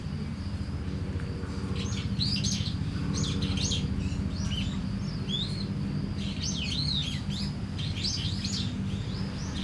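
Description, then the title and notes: Starling singing a run of varied whistled squeaks and wavering chirps, with strong low traffic or engine rumble and a faint high insect tone. Singing in a tree in Kiyosumi garden, Tokyo, Japan, with crickets and cars; recorded binaurally with DPA 4060 microphones in a bag into a Deity PR-2. "Kiyosumi garden, Tokyo, Japon - Starling in a tree. Starling singing in a tree, crickets, cars, helicopter, people passing by"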